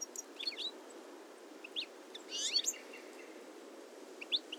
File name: Carduelis carduelis